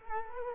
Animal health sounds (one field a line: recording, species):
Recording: mosquito wingbeat signal from an infrared sensor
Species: Culex quinquefasciatus